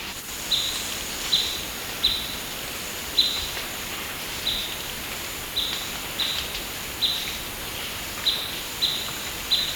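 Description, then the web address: Blackish pewee repeating brief high call notes, roughly one per second, against a constant high insect whine. Recorded in Ecuador. "S America Birds of Ecuador. Blackish Pewee"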